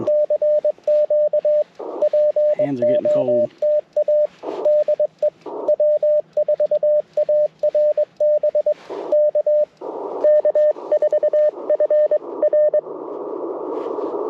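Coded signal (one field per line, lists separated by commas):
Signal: Morse code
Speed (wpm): 22 wpm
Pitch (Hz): 600 Hz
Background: speech, radio noise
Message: CQ POTA DE W4ARB K K4FR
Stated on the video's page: QRP CW Parks on the Air activation in light precipitation, Icom IC-705, Gabil GRA-7350T antenna, Modern Morse Nameless key.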